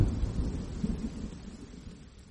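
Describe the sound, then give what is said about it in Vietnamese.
A deep, rumbling thunderclap rolls through steady rain, starting loud and slowly fading as the low boom churns beneath a soft hiss of downpour. No voices. “Khoảnh khắc một tia chớp lóe lên làm cho ai nấy đều giật mình.”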